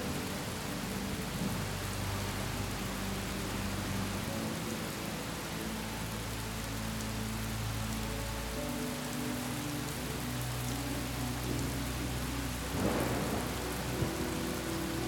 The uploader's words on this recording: Soothing sounds of a storm and gentle melodies.